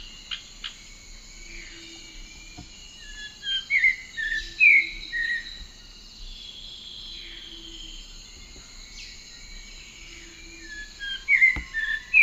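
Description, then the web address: Red-crowned ant tanager giving two bursts of sharp, slurred whistles several seconds apart, separated by a quiet stretch filled by a continuous high insect drone. Song and calls, recorded in the eastern lowlands of South America. "Natures Songs S America Eastern Lowlands. Habia rubica, song and calls"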